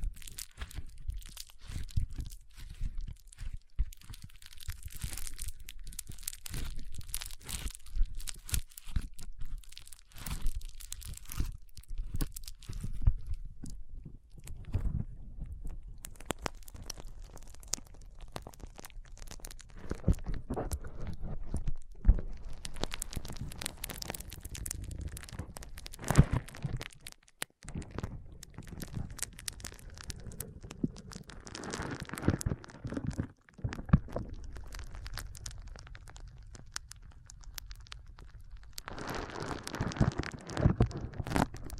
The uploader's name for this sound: ASMR Powerful Foam Brain Massage